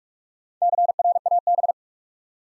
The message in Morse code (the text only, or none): CRAB